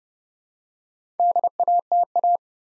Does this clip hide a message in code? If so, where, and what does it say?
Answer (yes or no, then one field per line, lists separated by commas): yes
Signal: Morse code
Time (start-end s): 1.2-2.4 s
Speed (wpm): 30 wpm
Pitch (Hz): 700 Hz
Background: none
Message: DATA